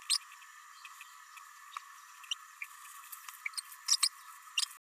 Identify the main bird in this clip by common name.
Green-rumped Parrotlet